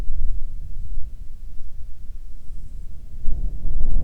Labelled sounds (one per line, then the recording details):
wind
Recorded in the Prudhoe Bay oil fields, Alaska, on 9 June 2019 at 17:20
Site 21